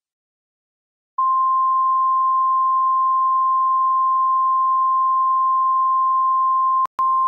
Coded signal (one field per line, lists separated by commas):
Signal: Emergency Alert System (SAME) tones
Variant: 1050 Hz attention tone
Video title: EAS Severe Thunderstorm Warning (Clay, WV, Kanawha, WV, and Roane, WV Counties)